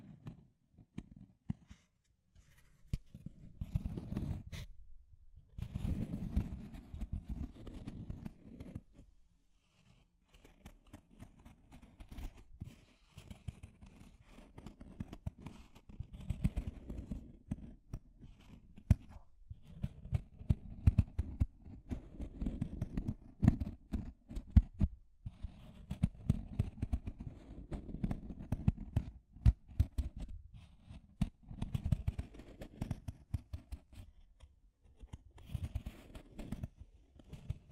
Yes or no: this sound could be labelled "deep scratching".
yes